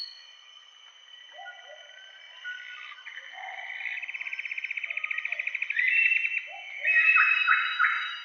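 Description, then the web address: Common paradise kingfisher producing a quick rattling trill lasting a few seconds, then louder harsh notes, over a steady high tone. Recorded in Indonesia. "ULM-DS-Lab indonesian-bird-sounds. Tanysiptera galatea"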